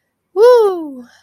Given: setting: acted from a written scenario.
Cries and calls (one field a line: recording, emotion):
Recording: vocal sound without words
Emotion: pride